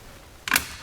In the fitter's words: grab our bike rack rotate it up until you hear that audible click and it locks back into place